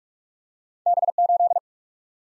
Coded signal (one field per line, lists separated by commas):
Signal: Morse code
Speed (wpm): 46 wpm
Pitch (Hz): 700 Hz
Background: none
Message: B8